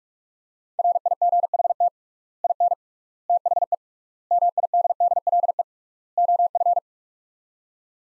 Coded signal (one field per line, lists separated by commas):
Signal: Morse code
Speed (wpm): 42 wpm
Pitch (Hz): 700 Hz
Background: none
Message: RIGHT IN THE MIDDLE OF